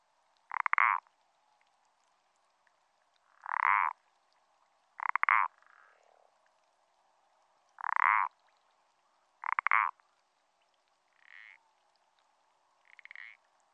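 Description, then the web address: Parsley frog producing a series of rasping, pulsed croaks spaced unevenly, several loud and a few softer calls, over a constant faint hum. Recorded in France. "AMPHIBIANS-IN-FRANCE Parsley frog"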